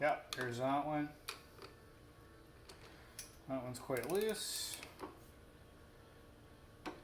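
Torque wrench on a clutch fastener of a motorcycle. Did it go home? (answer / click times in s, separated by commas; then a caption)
yes / 6.9 s. Someone talks while a torque wrench tightens another clutch fastener on a vintage Can-Am 250 motorcycle after the previous one was found loose. Faint ticks and knocks are heard between the talk, then the wrench clicks once at its setting at 6.9 s, confirming the fastener has reached torque.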